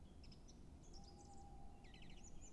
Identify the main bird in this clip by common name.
Tawny Owl